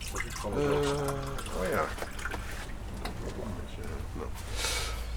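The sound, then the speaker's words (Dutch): Water runs from a tap in a steady, hissing stream for several seconds as someone fetches water, with a brief voiced murmur near the start. “Ik moest water hebben.”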